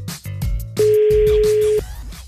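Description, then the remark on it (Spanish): A telephone dial tone while placing a prank call on the Panda Show sounds as a steady, loud, single mid-pitched hum lasting about a second, framed by brief clicks and rustling line noise before and after. “Vámonos, marcamos.”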